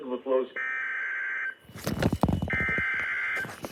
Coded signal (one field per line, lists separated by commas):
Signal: Emergency Alert System (SAME) tones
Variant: header bursts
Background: speech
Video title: Tornado warning (EAS #210) (Radio: Midland WR400) ( KWN31 ) 11-4-22 at 6:01PM